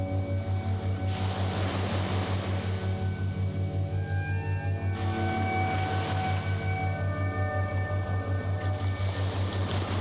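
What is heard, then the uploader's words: A steady low hum throbs about four times a second under soft, sustained piano notes that shift every few seconds. A hiss of waves swells between roughly one and five seconds and again near the end. Clear your mind and relax deeply with the light piano, waves and binaural sounds in the background.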